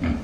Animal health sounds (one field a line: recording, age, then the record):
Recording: pig call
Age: growing-finishing pig (85 days or more)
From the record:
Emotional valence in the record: negative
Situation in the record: barren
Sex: female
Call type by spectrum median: low-frequency call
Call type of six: low-frequency stable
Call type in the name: low-frequency stable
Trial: 1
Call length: 0.23 s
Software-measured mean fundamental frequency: 58 Hz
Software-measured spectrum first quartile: 134 Hz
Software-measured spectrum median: 253 Hz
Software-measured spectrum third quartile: 598 Hz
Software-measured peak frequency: 248 Hz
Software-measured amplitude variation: 131 dB a second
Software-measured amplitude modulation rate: 19.4 a second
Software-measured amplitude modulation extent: 6.8 dB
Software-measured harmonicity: -0.5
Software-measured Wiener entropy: -1.06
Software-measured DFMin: 484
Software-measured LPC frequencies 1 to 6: 1414, 2212, 3037, 4693, 5840, 6547 Hz